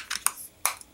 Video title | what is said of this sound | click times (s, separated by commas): Eleaf iStick 100w Mod Review | pops right back on | 0.7 s